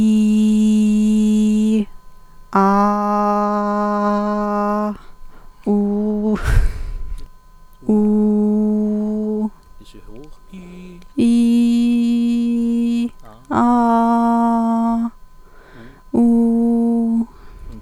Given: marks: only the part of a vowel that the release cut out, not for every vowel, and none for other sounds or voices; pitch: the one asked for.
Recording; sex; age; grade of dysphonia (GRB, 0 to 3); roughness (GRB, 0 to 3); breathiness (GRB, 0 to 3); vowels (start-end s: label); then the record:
sustained vowels; female; 30 to 39 years; 0; 0; 0
0.00-1.70 s: vowel /i/, normal pitch
2.95-4.82 s: vowel /a/, normal pitch
7.97-9.35 s: vowel /u/, normal pitch
11.30-12.94 s: vowel /i/, high pitch
13.63-14.95 s: vowel /a/, high pitch
16.21-17.13 s: vowel /u/, high pitch
From the record:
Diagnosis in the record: healthy voice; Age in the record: 32 years